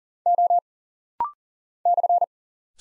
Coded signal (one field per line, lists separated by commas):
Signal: Morse code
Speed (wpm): 40 wpm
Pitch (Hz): 700 Hz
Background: none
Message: O /